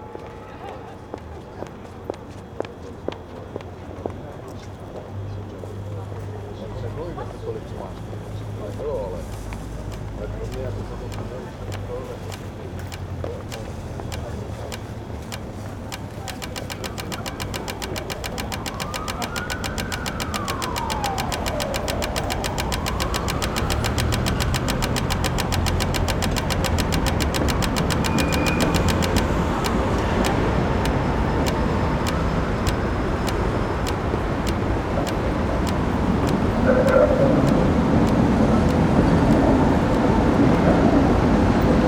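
City soundscape of Prague, with steady traffic rumble that grows louder and denser over the forty seconds as vehicles pass. A siren rises and falls around the middle, voices drift through the background, and sharp clicks and knocks punctuate the noise.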